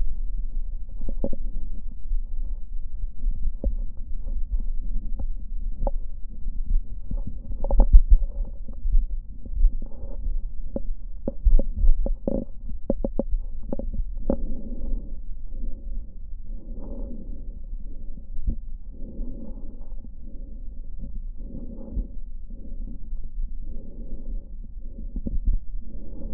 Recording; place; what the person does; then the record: lung sounds by stethoscope; left posterior basal chest; quiet breathing, then deep breathing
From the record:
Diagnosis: none (healthy); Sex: male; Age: 29 years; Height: 180 cm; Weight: 100 kg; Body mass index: 30.9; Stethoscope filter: diaphragm mode